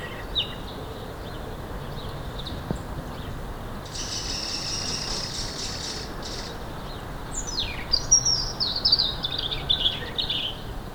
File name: Erithacus rubecula